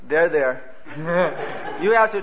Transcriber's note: chuckles